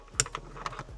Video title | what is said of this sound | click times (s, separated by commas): Dashcam Power Adapter from Mangoal Install | There you go. And again, make sure you hear the click. | 0.2 s